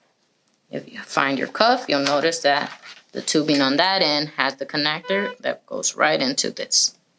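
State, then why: Not seated. Someone talks while handling the blood pressure cuff's tubing connector, which goes into the mating blood pressure hose connector on a T-LITE multi-parameter patient monitor. Two faint brief handling sounds occur near 0.5 s before the talking begins. The clip ends before the connector goes home, so nothing has seated or clicked yet.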